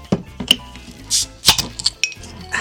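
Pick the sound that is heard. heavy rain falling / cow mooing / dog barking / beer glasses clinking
beer glasses clinking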